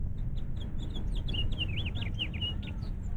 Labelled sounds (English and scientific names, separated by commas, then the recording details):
House Finch (Haemorhous mexicanus) song
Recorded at North Valley Stream on Long Island, New York, on 11 June 1975
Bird A